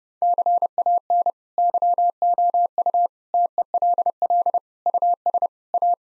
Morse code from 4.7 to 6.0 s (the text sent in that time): US A